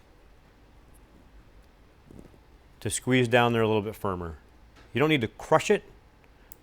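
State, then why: Seated. A closed plastic wire tap connector, clamped onto a vehicle wire while installing a Kicker powered down-firing enclosure in a 2007–current Jeep Wrangler, is squeezed firmer with pliers so its blade pierces the wire. Someone talks over a quiet background, then two small, sharp snaps come at 6.2 s and 6.5 s as the connector presses fully down and seats.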